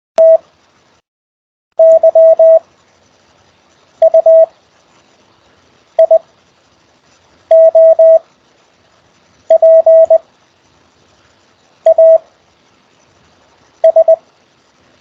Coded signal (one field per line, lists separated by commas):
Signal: Morse code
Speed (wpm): 20 wpm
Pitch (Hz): 650 Hz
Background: none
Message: T Y U I O P A S